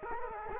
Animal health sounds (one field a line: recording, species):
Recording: mosquito wingbeat signal from an infrared sensor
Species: Culex quinquefasciatus